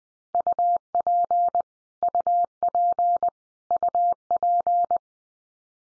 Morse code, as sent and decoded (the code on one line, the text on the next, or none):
..- .--. / ..- .--. / ..- .--.
UP UP UP